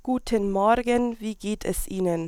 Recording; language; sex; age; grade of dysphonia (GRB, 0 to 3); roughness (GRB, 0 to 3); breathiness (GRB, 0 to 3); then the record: spoken sentence; German; female; 20 to 29 years; 0; 0; 0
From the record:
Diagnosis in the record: dysodia (singing voice disorder); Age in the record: 21 years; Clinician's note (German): Bei Gesangsstimme und akutem Infekt